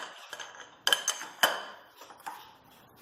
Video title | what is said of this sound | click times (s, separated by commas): Jeep Liberty Daystar 2.5 lift | it's starting to go in we're almost done you'll hear a pop when it goes all the way in there | 0.9 s